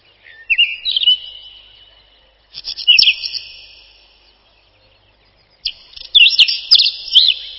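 Whinchat giving three quick phrases of high whistles and rasping chatter, starting about two to three seconds apart, with a ringing trail after the notes.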